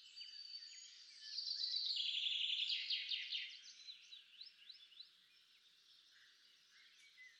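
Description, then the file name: Common chaffinch song, a fast trill of repeated notes, followed by scattered faint chirps over a steady background hiss. "Fringilla coelebs"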